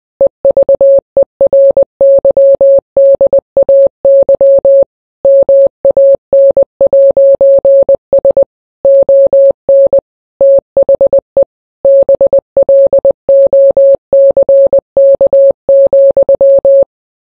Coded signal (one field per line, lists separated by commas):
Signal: Morse code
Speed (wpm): 20 wpm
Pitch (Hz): 550 Hz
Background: none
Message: EVERYDAY MAN'S ON THE BLOCK,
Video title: the ting goes SKRAA but it's in Morse Code